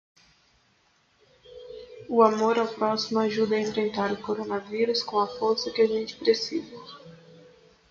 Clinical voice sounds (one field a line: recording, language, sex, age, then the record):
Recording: spoken sentence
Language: Brazilian Portuguese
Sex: female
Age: 20 to 29 years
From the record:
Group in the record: control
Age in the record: 22 years